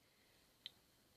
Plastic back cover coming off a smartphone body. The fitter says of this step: just put a finger in there and a thumb on the back and pull gently until you hear a click